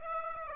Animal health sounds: mosquito wingbeat signal from an infrared sensor; Aedes aegypti

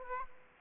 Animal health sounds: mosquito wingbeat signal from an infrared sensor; Aedes aegypti

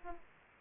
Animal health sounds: mosquito wingbeat signal from an infrared sensor; Aedes aegypti

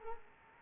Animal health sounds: mosquito wingbeat signal from an infrared sensor; Culex pipiens

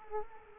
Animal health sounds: mosquito wingbeat signal from an infrared sensor; Culex quinquefasciatus

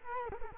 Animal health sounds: mosquito wingbeat signal from an infrared sensor; Culex quinquefasciatus

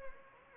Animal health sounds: mosquito wingbeat signal from an infrared sensor; Anopheles gambiae

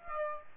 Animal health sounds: mosquito wingbeat signal from an infrared sensor; Aedes aegypti

